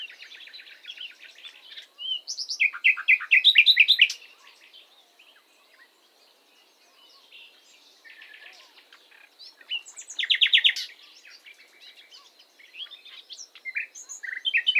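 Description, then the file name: Common nightingale song, several loud bursts of fast repeated chirps and whistles separated by quieter pauses. "Luscinia megarhynchos"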